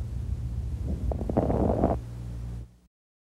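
A short burst of brief, crisp clicking pops sits in the middle of a single breath sound, over a steady low background hum. These are fine crackles, abnormal lung sounds made as small airways snap open, heard over an adult chest with a stethoscope.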